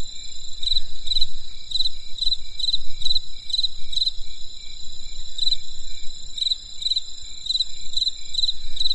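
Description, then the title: Chirping insects: sustained high-pitched ringing with rapid chirp bursts repeated irregularly, steady low rumble below. Insects calling on a winter night in the countryside. "There was a crisp sound of insects in the winter night. Come and experience a sound therapy feast from the countryside"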